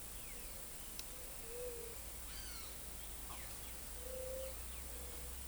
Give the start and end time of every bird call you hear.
1.43s-1.93s: White-tipped Dove (Leptotila verreauxi) (0.4-0.6 kHz)
3.93s-4.61s: White-tipped Dove (Leptotila verreauxi) (0.4-0.6 kHz)

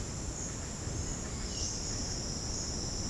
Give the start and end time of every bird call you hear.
1.46s-1.80s: Violaceous Jay (Cyanocorax violaceus) (2.1-3.8 kHz)

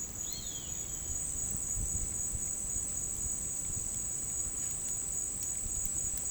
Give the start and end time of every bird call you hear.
0.17s-1.17s: Roadside Hawk (Rupornis magnirostris) (1.9-4.9 kHz)

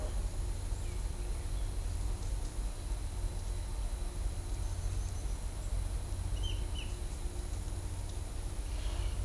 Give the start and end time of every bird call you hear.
6.36s-6.86s: Pale-tipped Inezia (Inezia caudata) (1.9-6.7 kHz)

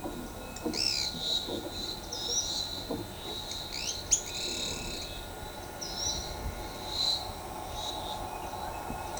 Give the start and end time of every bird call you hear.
0.54s-1.12s: Pale-eyed Pygmy Tyrant (Atalotriccus pilaris) (1.6-11.1 kHz)
2.11s-2.44s: Ochre-lored Flatbill (Tolmomyias flaviventris) (4.8-6.5 kHz)
3.68s-5.08s: Pale-eyed Pygmy Tyrant (Atalotriccus pilaris) (1.6-10.9 kHz)
5.79s-6.14s: Ochre-lored Flatbill (Tolmomyias flaviventris) (4.8-6.1 kHz)

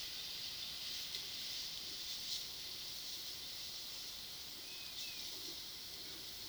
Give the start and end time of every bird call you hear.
4.59s-5.20s: Yellow-crowned Tyrannulet (Tyrannulus elatus) (1.7-2.9 kHz)

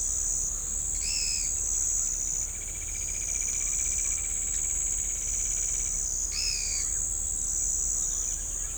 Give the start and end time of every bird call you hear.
0.94s-1.51s: Pale-eyed Pygmy Tyrant (Atalotriccus pilaris) (2.0-5.9 kHz)
1.78s-5.88s: Straight-billed Woodcreeper (Dendroplex picus) (1.6-4.1 kHz)
6.31s-6.83s: Pale-eyed Pygmy Tyrant (Atalotriccus pilaris) (1.7-6.1 kHz)

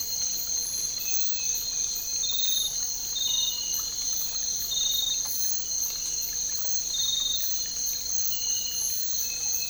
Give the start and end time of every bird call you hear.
3.23s-3.70s: Cinereous Tinamou (Crypturellus cinereus) (0.5-1.2 kHz)

